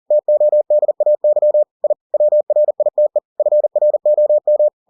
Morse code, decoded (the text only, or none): TODAY I WRITE FROM